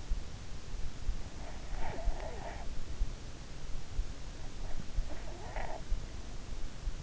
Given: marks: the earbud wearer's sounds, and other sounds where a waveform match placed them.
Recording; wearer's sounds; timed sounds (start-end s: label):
sounds in sleep by an in-ear microphone; snoring breath
1.31-2.96 s: snoring breath
4.56-5.96 s: snoring breath